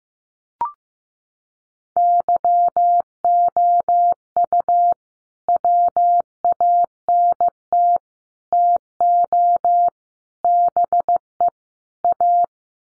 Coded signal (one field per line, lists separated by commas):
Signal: Morse code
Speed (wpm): 15 wpm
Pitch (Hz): 700 Hz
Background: none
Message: YOU WANT TO BE A